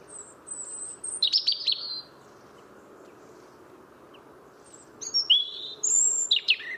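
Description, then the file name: European robin producing thin high twitters in two separate bursts, a pause of several seconds between them, with a soft steady background hum. "Erithacus rubecula"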